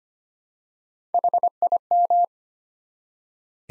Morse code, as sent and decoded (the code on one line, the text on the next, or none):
.... .. --
HIM